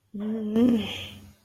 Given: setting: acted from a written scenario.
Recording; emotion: vocal sound without words; anger